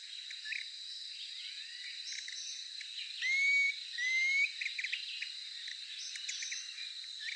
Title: LuckyPassaro Completos2Sama. Planalto Tyrannulet (Phyllomyias fasciatus)